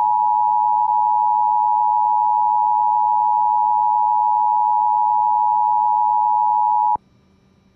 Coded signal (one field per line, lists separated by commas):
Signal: Emergency Alert System (SAME) tones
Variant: 853 and 960 Hz attention tone